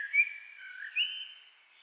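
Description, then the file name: Common blackbird song: a brief smooth fluted fragment, gliding down and then rising to a clear higher note. "Turdus merula"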